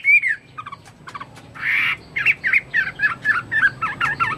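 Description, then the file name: Chinese hwamei song: a loud slurred whistle, a few short notes, a harsh burst, then a run of repeated looping whistled phrases. "omkicau hwamei"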